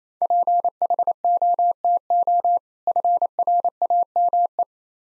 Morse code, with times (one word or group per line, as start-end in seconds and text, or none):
0.2-2.6 PHOTO
2.9-4.6 FRAME